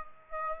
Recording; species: mosquito wingbeat signal from an infrared sensor; Aedes aegypti